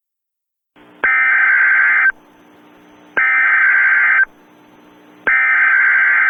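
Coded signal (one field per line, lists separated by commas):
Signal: Emergency Alert System (SAME) tones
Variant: header bursts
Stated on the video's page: Fictional EAS scenario; simulated alert tones.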